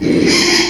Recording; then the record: squeal of a Yucatan mini pig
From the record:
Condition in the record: after surgery on the right vocal fold (resection and tissue-engineered implant); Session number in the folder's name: 2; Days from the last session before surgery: 13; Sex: male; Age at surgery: 12 weeks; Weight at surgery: 13 kg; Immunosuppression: cyclosporine, prednisolone